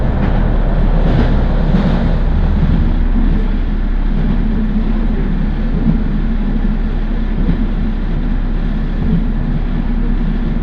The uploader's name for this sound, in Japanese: 樽見鉄道 モレラ岐阜→樽見